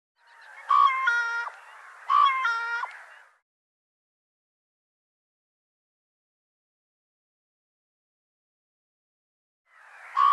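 Bird giving two nasal, two-part calls about 1.4 seconds apart, a brief clear note sliding into a buzzy stacked tone, then a long silence and the start of another.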